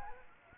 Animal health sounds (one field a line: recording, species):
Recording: mosquito wingbeat signal from an infrared sensor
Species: Aedes aegypti